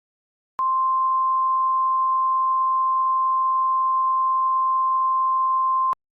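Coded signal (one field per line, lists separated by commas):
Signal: Emergency Alert System (SAME) tones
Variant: 1050 Hz attention tone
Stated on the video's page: Fictional EAS scenario, a fabricated alert rather than a real activation.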